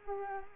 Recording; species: mosquito wingbeat signal from an infrared sensor; Culex quinquefasciatus